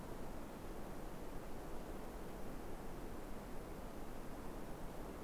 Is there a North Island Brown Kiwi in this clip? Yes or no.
no